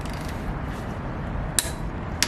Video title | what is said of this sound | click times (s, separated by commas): How to replace wheel hub bearings | click let's say guys it's set at 184 foot-pounds just | 1.6 s